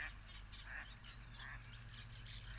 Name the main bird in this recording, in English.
Mallard